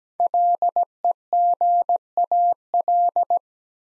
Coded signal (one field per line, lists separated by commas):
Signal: Morse code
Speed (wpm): 17 wpm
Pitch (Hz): 700 Hz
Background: none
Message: LEGAL